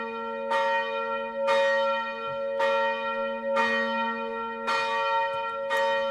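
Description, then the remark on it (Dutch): Church bells of the church in Ospel, from the Koninklijke IJsboud bell foundry, ring in a steady, repeating rhythm, six loud strikes about a second apart, each bright metallic clang sustaining into a long humming resonance with no voices. “Bijvoorbeeld die van de kerk in Ospel, die hoort u nu.”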